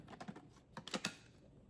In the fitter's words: Clicks right into place.